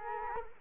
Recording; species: mosquito wingbeat signal from an infrared sensor; Culex quinquefasciatus